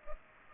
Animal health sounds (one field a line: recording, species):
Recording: mosquito wingbeat signal from an infrared sensor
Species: Culex pipiens